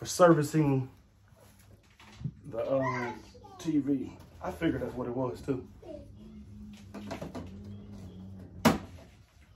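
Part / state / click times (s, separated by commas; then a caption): TV stand leg into the TV's leg mount / seated / 8.7 s. Someone talks while a stand leg is pushed into the leg mount on an LG 49NANO85 4K TV. A sharp, loud click at 8.7 s shows the leg has seated in place, and that click is how you know it is in right.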